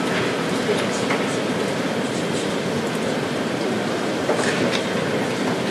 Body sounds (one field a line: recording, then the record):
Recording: background sound without coughing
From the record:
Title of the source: Office Sounds Ambience - Background Noise for Study and Work